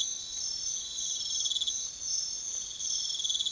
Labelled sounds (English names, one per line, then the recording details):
none
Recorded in secondary vegetation near Puerto Asís, Putumayo, Colombia, on 28 February 2025 at 05:00
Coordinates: 0.500, -76.326
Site GP04